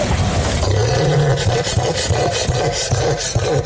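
Cassowary call: deep, rumbling low-pitched vibration running throughout, overlaid with rough rasping noise.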